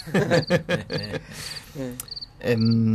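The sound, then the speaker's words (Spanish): A cricket chirps in short, high-pitched bursts repeating about every half second, heard over louder, lower tonal sounds that swell and fade like a voice. “Me gusta cómo se mezcla la palabra energía y empieza el grillo.”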